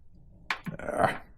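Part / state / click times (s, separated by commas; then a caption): USB-C power cable connector into motorcycle phone mount wireless charging head / not seated / none. A waterproof USB-C power cable connector is pushed one-handed, arrows lined up, into a Quad Lock wireless charging head on the phone mount of a 2024 Street Glide motorcycle, but it slides around on the snug fit. There is a sharp knock at 0.5 s, smaller knocks around 0.7, 0.8 and 0.9 s, and then a broad rustling scrape, with some of these sounds possibly being a dog barking. The connector has not seated or clicked in yet.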